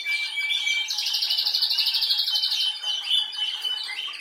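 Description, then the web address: Canary song opening on a pure whistled note, then a loud buzzy rapid trill, ending with mixed chirps and warbles. "Canari Seda Canari"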